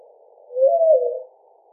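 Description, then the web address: Mourning dove giving a single soft, smooth cooing note of steady low pitch, lasting under a second against a quiet background. Recorded 4 January 2007. "Mourning Dove 2007 01 04"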